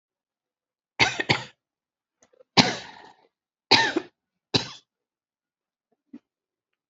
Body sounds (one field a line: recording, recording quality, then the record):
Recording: heavy voluntary cough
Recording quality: excellent, no background noise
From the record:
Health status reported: healthy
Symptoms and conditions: none ticked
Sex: female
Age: 59 years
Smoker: not ticked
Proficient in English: no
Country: India